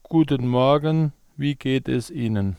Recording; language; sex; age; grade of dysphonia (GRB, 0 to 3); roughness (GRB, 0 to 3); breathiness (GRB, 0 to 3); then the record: spoken sentence; German; male; 50 to 59 years; 0; 0; 0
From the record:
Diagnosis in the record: hypofunctional dysphonia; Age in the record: 50 years